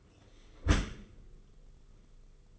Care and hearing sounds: daily activity, microphone in the room; close dishwasher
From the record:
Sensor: 4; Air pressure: 991.3 hPa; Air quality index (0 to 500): 158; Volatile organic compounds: 128 ppm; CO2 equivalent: 3919 ppm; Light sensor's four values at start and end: 22/74/27/28 and 22/74/27/28

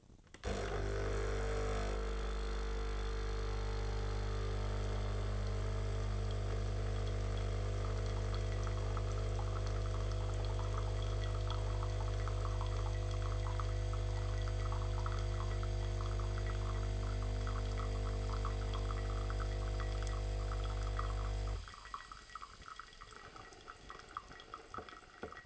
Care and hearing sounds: daily activity, microphone in the room; make coffee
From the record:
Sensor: 4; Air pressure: 1001.1 hPa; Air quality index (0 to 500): 150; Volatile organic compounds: 2 ppm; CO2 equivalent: 1097 ppm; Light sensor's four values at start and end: 20/47/20/21 and 23/52/22/23

